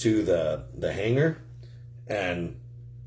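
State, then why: Not seated. Someone talks while a plastic body hanger is handled and pushed down at about a 45° angle onto a slot car chassis, where a spot on its bottom is meant to click into place. A steady low hum runs underneath the speech. Nothing has seated or clicked yet.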